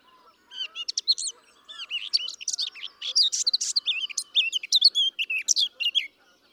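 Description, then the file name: Eurasian blackcap delivering a warbling song of quick varied notes and clear whistles. "Sylvia atricapilla"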